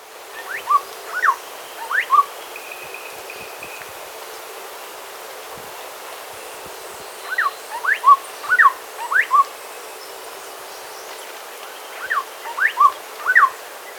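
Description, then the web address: Plain-tailed wren song: short groups of quick upslurred whistles, each group about two seconds long, repeated three times with quiet gaps between. Ecuador. "S America Birds of Ecuador. Plain-Tailed Wren"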